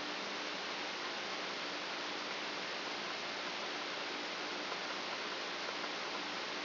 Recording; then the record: brain microelectrode recording played as sound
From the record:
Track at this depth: outside the subthalamic nucleus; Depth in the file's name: 8.428 mm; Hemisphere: left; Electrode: 2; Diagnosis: Parkinson's disease